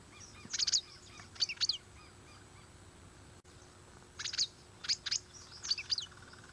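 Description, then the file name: Dragon bird: high, quick chirping from a dragon bird, notes clustered in rapid doublets and triplets, a quiet gap midway, then several more bursts. "Canto do passaro dragao"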